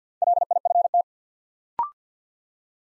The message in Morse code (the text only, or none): LIFT